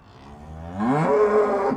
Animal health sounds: contact call of a hoofed animal; cattle; low-frequency (closed-mouth) or high-frequency (open-mouth) call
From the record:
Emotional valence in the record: negative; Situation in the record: physical separation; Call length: 1.77 s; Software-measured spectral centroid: 1070 Hz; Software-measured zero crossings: 1110 a second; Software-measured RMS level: -22 dBFS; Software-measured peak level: -9 dBFS

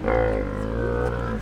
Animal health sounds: contact call of a hoofed animal; wild boar; grunt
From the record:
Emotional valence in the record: positive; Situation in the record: food anticipation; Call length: 1.42 s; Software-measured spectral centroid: 1140 Hz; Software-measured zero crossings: 990 a second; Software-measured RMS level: -24 dBFS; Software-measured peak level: -10 dBFS

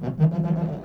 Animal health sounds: contact call of a hoofed animal; goat; low-frequency (closed-mouth) or high-frequency (open-mouth) call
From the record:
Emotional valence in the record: negative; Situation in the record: food frustration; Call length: 0.85 s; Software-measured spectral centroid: 880 Hz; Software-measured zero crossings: 490 a second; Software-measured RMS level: -23 dBFS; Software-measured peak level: -10 dBFS

